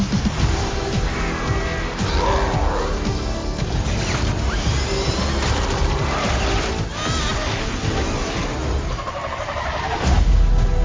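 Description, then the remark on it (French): The engine of a car in the 2021 film Ghostbusters: Afterlife roars and revs steadily throughout, thick with low rumble, amid a dense, busy mix of clattering and rushing noise, with a louder surge near the end. “Je la kiffe cette voiture.”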